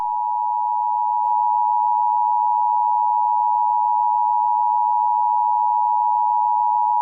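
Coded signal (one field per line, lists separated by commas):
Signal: Emergency Alert System (SAME) tones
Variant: 853 and 960 Hz attention tone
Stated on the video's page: Fictional EAS scenario, not a real alert.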